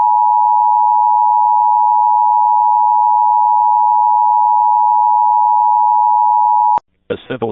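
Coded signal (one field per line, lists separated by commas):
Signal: Emergency Alert System (SAME) tones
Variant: 853 and 960 Hz attention tone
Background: speech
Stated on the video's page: EAS alerts captured during a Texas statewide tornado drill, mostly civil SAME codes such as CEM, LAE, LEW, CDW.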